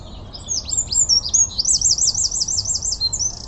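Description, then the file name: Eurasian wren song: sharp, high notes leading into a rapid, rolling trill. "Troglodytes troglodytes"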